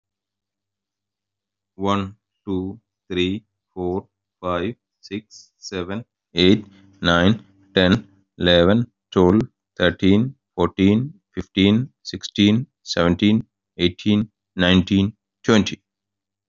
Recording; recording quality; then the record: counting at a normal pace; excellent, no background noise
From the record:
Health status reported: healthy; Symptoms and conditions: none ticked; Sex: male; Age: 40 years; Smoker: not ticked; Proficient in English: yes